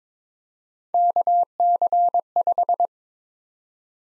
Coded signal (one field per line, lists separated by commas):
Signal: Morse code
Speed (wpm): 22 wpm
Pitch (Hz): 700 Hz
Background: none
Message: KC5